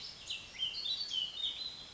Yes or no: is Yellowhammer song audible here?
no